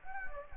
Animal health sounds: mosquito wingbeat signal from an infrared sensor; Anopheles gambiae

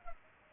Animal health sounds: mosquito wingbeat signal from an infrared sensor; Culex pipiens

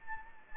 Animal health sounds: mosquito wingbeat signal from an infrared sensor; Anopheles gambiae

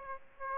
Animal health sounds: mosquito wingbeat signal from an infrared sensor; Aedes aegypti

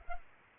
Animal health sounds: mosquito wingbeat signal from an infrared sensor; Culex pipiens

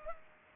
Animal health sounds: mosquito wingbeat signal from an infrared sensor; Culex pipiens

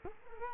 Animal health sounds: mosquito wingbeat signal from an infrared sensor; Culex quinquefasciatus

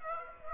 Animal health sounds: mosquito wingbeat signal from an infrared sensor; Aedes aegypti

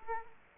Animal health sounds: mosquito wingbeat signal from an infrared sensor; Culex quinquefasciatus

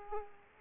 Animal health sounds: mosquito wingbeat signal from an infrared sensor; Aedes aegypti

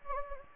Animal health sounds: mosquito wingbeat signal from an infrared sensor; Anopheles gambiae

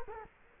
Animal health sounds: mosquito wingbeat signal from an infrared sensor; Culex quinquefasciatus

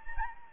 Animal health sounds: mosquito wingbeat signal from an infrared sensor; Anopheles gambiae

